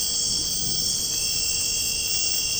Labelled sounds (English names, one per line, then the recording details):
none
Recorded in dense forest near Puerto Asís, Putumayo, Colombia, on 13 March 2025 at 22:00
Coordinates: 0.467, -76.328
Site G041